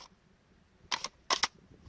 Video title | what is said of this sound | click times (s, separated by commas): Sig p226 40 to 9mm conversion part 3/3, Blackhawk Omnivore TLR | can hear the positive click in there and when | 1.4 s